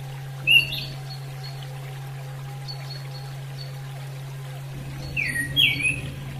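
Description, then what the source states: Orange-headed thrush gives one sharp whistled note, then a pause of several seconds before a short cluster of sliding whistles; a low steady hum runs throughout. Female bird; used as therapy audio for bird training.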